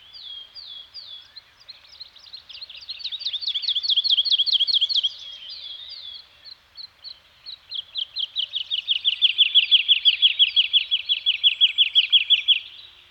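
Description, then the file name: Bird song with scattered chirps building into two long rapid trills of repeated high notes, a short pause between them. Scandinavian forest soundscape with several birds singing. "Nature Soundscape - Scandinavian Forest Environment with Birds Singing"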